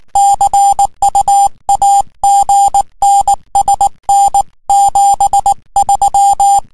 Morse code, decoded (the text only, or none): CU AGN SN 73